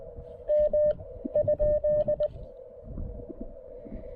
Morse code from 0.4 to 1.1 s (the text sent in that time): M